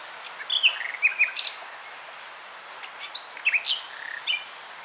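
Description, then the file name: Nightingale song in sparse fragments: short whistled and slurred notes, a brief buzzy burst, pauses between phrases, steady background hiss. "Luscinia megarhynchos"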